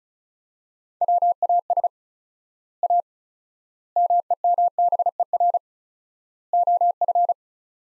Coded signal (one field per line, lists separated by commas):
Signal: Morse code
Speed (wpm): 34 wpm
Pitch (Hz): 700 Hz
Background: none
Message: WAS A MEMBER OF